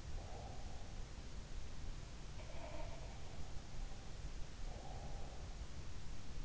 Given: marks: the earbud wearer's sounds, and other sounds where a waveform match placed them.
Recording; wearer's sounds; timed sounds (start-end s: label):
sounds in sleep by an in-ear microphone; breath
0.00-1.02 s: breath
2.20-3.32 s: sound from someone else or the room
3.59-5.55 s: breath